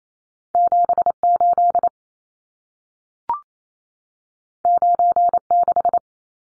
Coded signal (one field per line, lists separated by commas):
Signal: Morse code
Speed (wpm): 28 wpm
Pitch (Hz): 700 Hz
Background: none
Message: 78 96